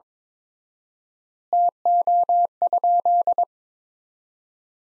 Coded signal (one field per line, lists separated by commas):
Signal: Morse code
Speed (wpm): 22 wpm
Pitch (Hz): 700 Hz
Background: none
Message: TO?